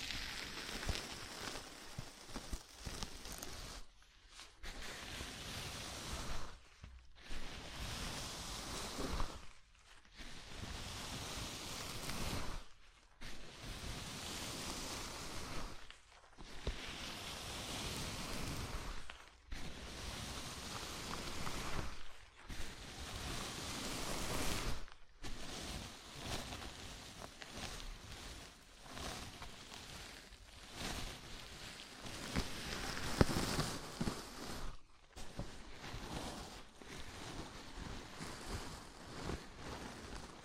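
A scalp massage: fingers rub and scratch through hair in a dense, hissing, rustling wash of sound. The rubbing comes in strokes lasting a few seconds, each broken by a brief silent pause, at a fairly regular pace throughout.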